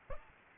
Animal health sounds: mosquito wingbeat signal from an infrared sensor; Aedes aegypti

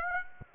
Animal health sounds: mosquito wingbeat signal from an infrared sensor; Aedes aegypti

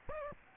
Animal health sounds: mosquito wingbeat signal from an infrared sensor; Aedes aegypti

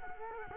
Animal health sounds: mosquito wingbeat signal from an infrared sensor; Culex quinquefasciatus

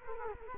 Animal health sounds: mosquito wingbeat signal from an infrared sensor; Culex quinquefasciatus

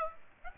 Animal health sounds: mosquito wingbeat signal from an infrared sensor; Aedes aegypti

